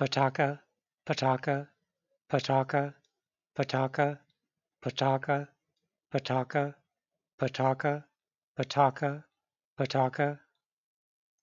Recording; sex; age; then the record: repeated syllables /pa ta ka/; male; 40 to 49 years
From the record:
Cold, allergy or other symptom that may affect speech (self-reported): no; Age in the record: 44 years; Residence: New Mexico, United States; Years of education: 14